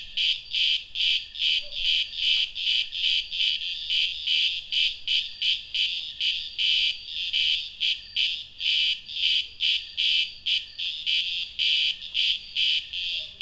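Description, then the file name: Shrill cicada buzzing in rapid rhythmic pulses, about two and a half a second, continuous and even. "cigarras"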